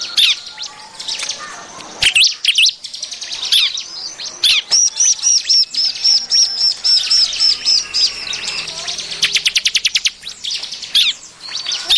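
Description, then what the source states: Bar-winged prinia calls: busy high chirps, then a run of clear repeated notes midway and fast rattling trills near the end. Noisy, rowdy calling used as an effective lure call for catching birds.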